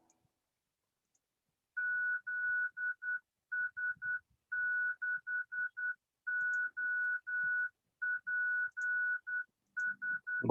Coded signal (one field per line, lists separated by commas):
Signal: Morse code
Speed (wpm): 11 wpm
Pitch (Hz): 1480 Hz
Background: none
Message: ZS6OPS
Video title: 2021 02 07 18 49 36 Baofeng Beacons 1